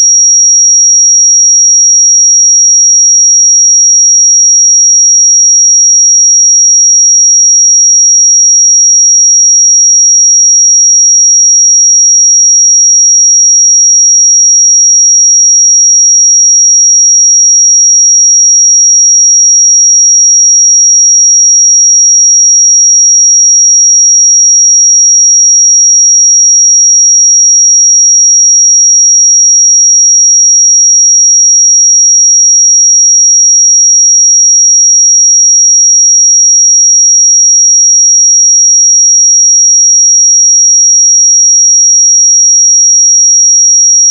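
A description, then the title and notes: A pure sine tone at 5668 Hz holds perfectly steady and unbroken for the whole clip, thin and piercingly bright, with nothing else audible. 5668 Hz 1 Hz Interval Sine Pure Tone Frequency 441000 Sample Mono.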